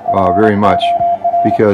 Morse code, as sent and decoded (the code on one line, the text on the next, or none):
..-. --- .-.
FOR